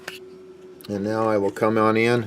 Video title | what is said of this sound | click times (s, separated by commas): HYREL3D Changing Power Supplies | there you hear that little snap down now it's got room to open up | 0.1 s